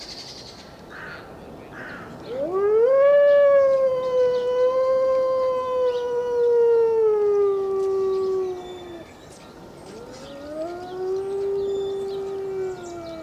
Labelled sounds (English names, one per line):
Gray Wolf howling